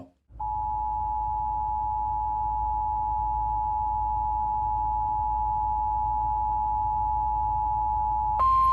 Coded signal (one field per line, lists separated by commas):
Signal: Emergency Alert System (SAME) tones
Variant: 853 and 960 Hz attention tone